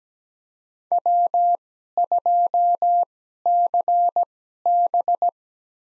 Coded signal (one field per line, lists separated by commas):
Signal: Morse code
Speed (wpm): 17 wpm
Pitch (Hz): 700 Hz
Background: none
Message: W2CB